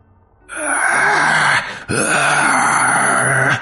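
Two long, loud moans of pain from a frightening creature with long, thick black fur whose head is being held by a man, in a forest near a lake; each moan about a second long, strained and wavering in pitch, with a brief break between them and no talking.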